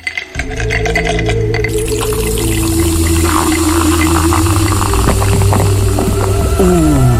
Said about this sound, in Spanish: Si disfrutaste con tan solo escuchar el sonido de una Canada Dry bien fría, imagínate lo que sentirías cuando la pruebes.